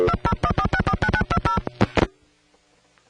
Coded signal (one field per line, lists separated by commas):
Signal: DTMF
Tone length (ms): 60 ms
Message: 2014649920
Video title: Vintage Telephone Network Sounds part 2